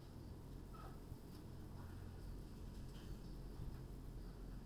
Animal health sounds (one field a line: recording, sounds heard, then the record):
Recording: poultry house recording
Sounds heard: sick chickens (respiratory disease)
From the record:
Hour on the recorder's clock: 21